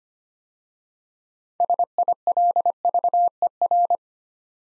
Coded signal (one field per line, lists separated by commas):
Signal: Morse code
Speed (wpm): 25 wpm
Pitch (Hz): 700 Hz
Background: none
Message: SILVER